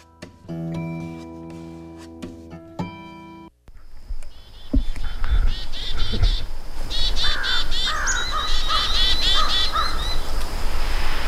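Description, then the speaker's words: Chickadee alarm calls: after a few seconds of music and a brief silence, harsh, buzzy scolding notes repeat rapidly in agitated bursts. Chickadees mobbing a bird predator such as a merlin or Cooper's hawk, joined by other animals; a crow in the background. "Yeah, we've got some angry, angry little chickadees there."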